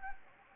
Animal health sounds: mosquito wingbeat signal from an infrared sensor; Anopheles gambiae

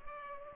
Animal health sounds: mosquito wingbeat signal from an infrared sensor; Culex pipiens

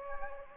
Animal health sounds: mosquito wingbeat signal from an infrared sensor; Anopheles gambiae

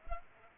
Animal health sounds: mosquito wingbeat signal from an infrared sensor; Culex pipiens

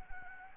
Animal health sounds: mosquito wingbeat signal from an infrared sensor; Anopheles gambiae

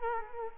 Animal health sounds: mosquito wingbeat signal from an infrared sensor; Culex quinquefasciatus

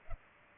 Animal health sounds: mosquito wingbeat signal from an infrared sensor; Culex pipiens

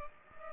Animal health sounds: mosquito wingbeat signal from an infrared sensor; Culex pipiens

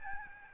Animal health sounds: mosquito wingbeat signal from an infrared sensor; Aedes albopictus

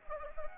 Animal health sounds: mosquito wingbeat signal from an infrared sensor; Anopheles gambiae

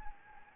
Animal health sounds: mosquito wingbeat signal from an infrared sensor; Anopheles gambiae

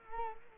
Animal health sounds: mosquito wingbeat signal from an infrared sensor; Culex quinquefasciatus

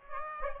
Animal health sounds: mosquito wingbeat signal from an infrared sensor; Aedes aegypti

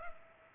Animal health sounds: mosquito wingbeat signal from an infrared sensor; Culex pipiens

